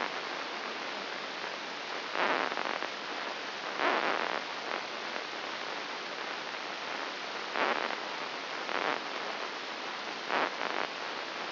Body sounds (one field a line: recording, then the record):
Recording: brain microelectrode recording played as sound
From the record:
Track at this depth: inside the subthalamic nucleus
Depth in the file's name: 5.301 mm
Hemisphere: left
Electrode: 2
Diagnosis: Parkinson's disease